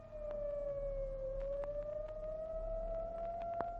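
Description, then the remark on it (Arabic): A fire engine's siren wails in one long, steady tone that dips slightly in pitch and then climbs back, over a low engine rumble with a few sharp clicks and no talking. The fire engine passes by in Cairo, apparently heading to where an escaped lion is cornered across the Nile. “وتمر بنا الآن إحدى سيارات المطافي، ويبدو أنها في الطريق إلى مكان الحصار المضروب على الأسد الهارب في المنطقة الواقعة عبر الضفة الأخرى من النيل.”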